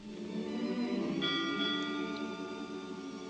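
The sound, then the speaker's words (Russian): A bell tolls at the Bay of Naples on the last night of 1799, struck in honour of the old and the new year, with long, humming overtones; a fresh strike partway through adds bright, ringing high tones that hang in the air and slowly fade. No one speaks. “Почему звонит колокол?”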